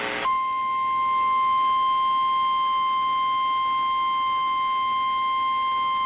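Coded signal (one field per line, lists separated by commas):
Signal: Emergency Alert System (SAME) tones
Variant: 1050 Hz attention tone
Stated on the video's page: Severe thunderstorm warning for central Mississippi, sent on a Sage ENDEC with a Chyron CODI character generator.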